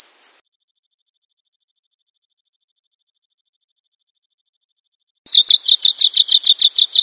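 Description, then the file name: Bird song: a brief high note, a long silence, then a fast run of sharp high chirps to the end. "suara burung sanma"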